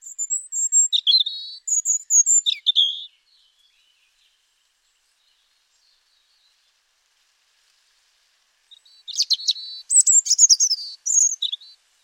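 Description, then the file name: European robin giving two bursts of high, thin, rapid twittering song with sharp sliding notes, separated by about six seconds of silence. "Erithacus rubecula"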